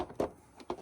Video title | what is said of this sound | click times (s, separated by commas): Review - Acura Legend ABC lenses | this almost kind of snaps in place | 0.7 s